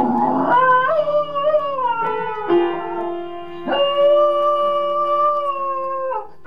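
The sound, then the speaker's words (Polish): A dog howls in long, sustained, wavering tones that rise and fall in pitch, with a few breaks between drawn-out phrases, loud and alone without any talking. “No zaśpiewaj, piesku, no, pokaż, co potrafisz.”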